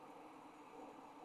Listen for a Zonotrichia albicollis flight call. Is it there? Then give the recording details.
no. No flight call is heard. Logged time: 21:55 on 29 November 2014